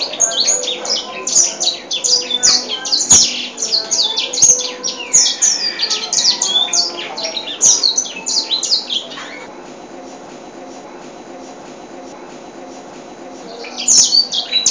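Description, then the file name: White-rumped seedeater delivers rapid, high twittering song for about nine seconds, then falls silent for several seconds before the warbling starts again. Original song. "audio edel sanger lagu asli. omkicau"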